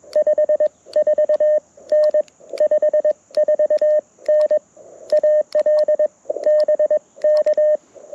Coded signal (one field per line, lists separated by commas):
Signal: Morse code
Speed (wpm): 21 wpm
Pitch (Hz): 610 Hz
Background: none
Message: 54N 54N AL BK